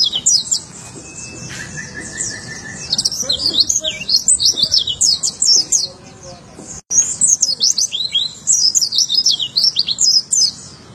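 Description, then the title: White-eye song, a fast jumble of high chirping and slurred notes; a steady thin tone and lower whistled notes appear briefly near the start. "Pleci"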